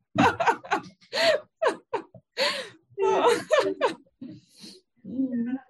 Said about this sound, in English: At the moment I don't look excited, and actually I'm just thinking about how this video will look like, because I am yawning a little bit, but it's not about you and what you're saying.